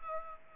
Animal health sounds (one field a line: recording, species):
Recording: mosquito wingbeat signal from an infrared sensor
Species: Culex pipiens